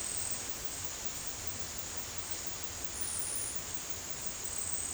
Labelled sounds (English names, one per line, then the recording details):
none
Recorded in dense forest near Puerto Asís, Putumayo, Colombia, on 22 December 2024 at 17:30
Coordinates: 0.468, -76.322
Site G071